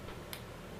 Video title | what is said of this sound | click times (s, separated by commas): L42B2 - How to repair a fog lamp connector for a Nissan, Dodge, Infiniti, Ford | you go you can hear that actually makes a real good click there | 0.3 s